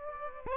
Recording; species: mosquito wingbeat signal from an infrared sensor; Aedes aegypti